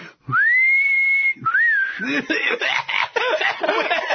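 A person, as Liu Bei in a Three Kingdoms story, whistles a long, steady high note, then a short wavering phrase, before the whistling breaks off into a string of loud, rapid coughs and sputtering vocal bursts from whistling while drooling.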